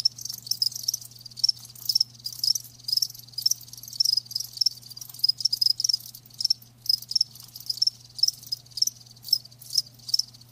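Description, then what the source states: Crickets trilling in a high-pitched chorus, clusters of rapid chirps repeating, with a constant faint hum. Live crickets chirping, a lulling song.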